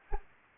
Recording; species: mosquito wingbeat signal from an infrared sensor; Anopheles arabiensis